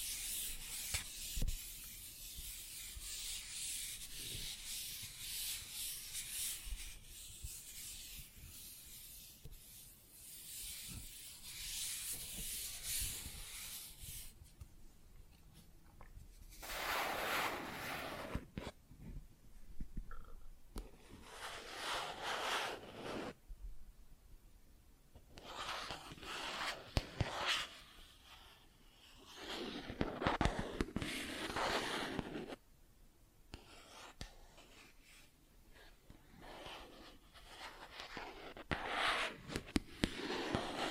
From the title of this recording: Plastic Objects Tapping and Scratching